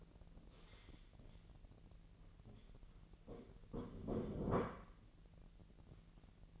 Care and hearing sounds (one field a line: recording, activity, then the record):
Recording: daily activity, microphone in the room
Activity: stand up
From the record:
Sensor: 4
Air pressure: 1002.8 hPa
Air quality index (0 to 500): 250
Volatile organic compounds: 32 ppm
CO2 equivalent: 3007 ppm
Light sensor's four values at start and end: 10/23/9/9 and 10/23/9/9